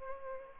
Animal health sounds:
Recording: mosquito wingbeat signal from an infrared sensor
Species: Aedes albopictus

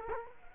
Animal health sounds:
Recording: mosquito wingbeat signal from an infrared sensor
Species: Culex quinquefasciatus

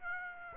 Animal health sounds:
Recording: mosquito wingbeat signal from an infrared sensor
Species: Aedes aegypti

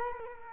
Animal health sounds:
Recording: mosquito wingbeat signal from an infrared sensor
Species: Culex quinquefasciatus

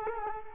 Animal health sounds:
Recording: mosquito wingbeat signal from an infrared sensor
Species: Culex quinquefasciatus

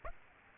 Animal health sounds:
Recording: mosquito wingbeat signal from an infrared sensor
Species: Aedes aegypti

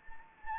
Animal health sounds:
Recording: mosquito wingbeat signal from an infrared sensor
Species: Anopheles gambiae

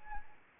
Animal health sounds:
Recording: mosquito wingbeat signal from an infrared sensor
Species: Anopheles arabiensis

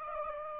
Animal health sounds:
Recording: mosquito wingbeat signal from an infrared sensor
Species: Aedes aegypti

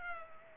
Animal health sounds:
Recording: mosquito wingbeat signal from an infrared sensor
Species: Culex pipiens

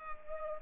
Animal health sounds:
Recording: mosquito wingbeat signal from an infrared sensor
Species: Culex pipiens

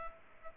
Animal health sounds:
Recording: mosquito wingbeat signal from an infrared sensor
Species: Culex pipiens

